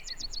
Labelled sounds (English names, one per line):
Yellowhammer song